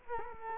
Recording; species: mosquito wingbeat signal from an infrared sensor; Culex quinquefasciatus